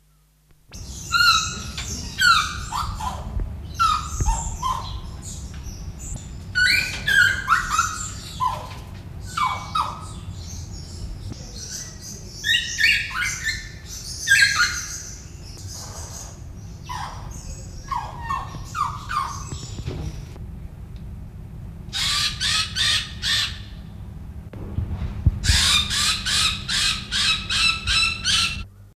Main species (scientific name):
Melidectes belfordi